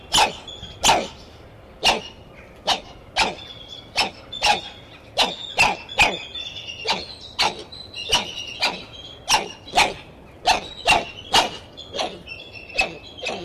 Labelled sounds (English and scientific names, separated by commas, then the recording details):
Black-handed Spider Monkey (Ateles geoffroyi)
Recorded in captivity
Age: adult
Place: Tierpark Berlin, Berlin, DE
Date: 1976-11-20 10:00
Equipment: Uher 4200 Report Stereo, Sennheiser MD 421 HL, Verstärker
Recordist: Tembrock, Günter